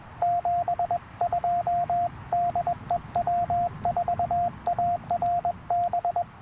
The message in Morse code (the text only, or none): 72 DE W4ARB